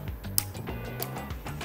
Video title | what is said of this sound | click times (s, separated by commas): Unboxing Video Series - Emuge-Franken FPC Collet Holders (Part 2) | and we're just going to tighten this thing until the torque wrench clicks | 0.4 s